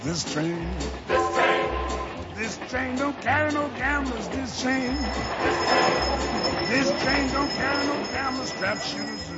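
Train wheels rumble over the rails with a steady, roughly once-per-second clacking beat, while a thin, high metallic squeal rises and holds through the second half.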